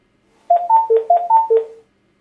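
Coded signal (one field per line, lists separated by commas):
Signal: beep code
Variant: Luna IP telecare unit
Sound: six quick melodic beeps in a rising-then-falling three-note figure, played twice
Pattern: 6 short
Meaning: Six consecutive beeps: the button can be released and the unit starts initialising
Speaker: À l'écoute des 6 bips consécutifs, vous pourrez relâcher le bouton.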